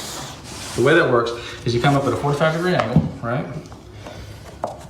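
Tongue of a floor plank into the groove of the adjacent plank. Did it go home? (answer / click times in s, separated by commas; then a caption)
yes / 4.6 s. Someone talks while a click-lock laminate/vinyl floor plank is angled in at 45 degrees so its tongue enters the groove of the neighbouring plank, then laid flat. A sharp, short hit at 4.6 s marks the plank locking into place. It seats with an essentially seamless joint.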